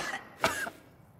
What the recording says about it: The predator we're talking about is the coronavirus. Second, a dry cough.